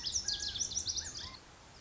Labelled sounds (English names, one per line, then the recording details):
Lazuli Bunting
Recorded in Sonoma County, California